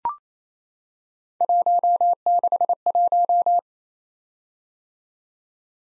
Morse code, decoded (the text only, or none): 161